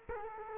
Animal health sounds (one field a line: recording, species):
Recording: mosquito wingbeat signal from an infrared sensor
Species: Culex quinquefasciatus